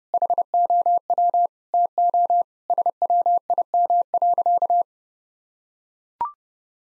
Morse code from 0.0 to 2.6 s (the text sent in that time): HOW TO